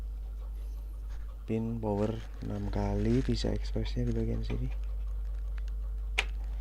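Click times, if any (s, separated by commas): 6.2 s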